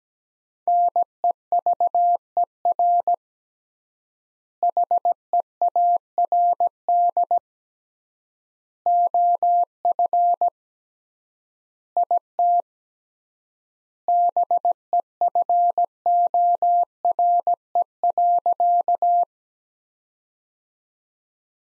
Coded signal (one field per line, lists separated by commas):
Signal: Morse code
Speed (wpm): 17 wpm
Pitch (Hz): 700 Hz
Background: none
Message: NEVER HEARD OF IT BEFORE.